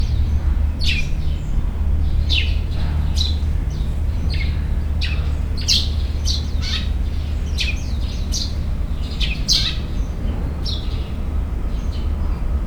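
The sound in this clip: Bird calling with brief high chirps repeated irregularly, against steady heavy low-frequency noise.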